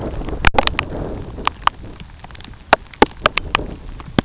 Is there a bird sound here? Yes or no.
no